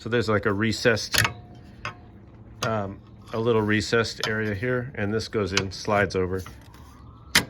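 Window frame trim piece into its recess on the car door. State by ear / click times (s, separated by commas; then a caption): seated / 7.4 s. A window frame trim piece on a car door is slid over a little recessed area and pushed down while someone talks. A sharp hit at 7.4 seconds marks the piece locking into place in its recess.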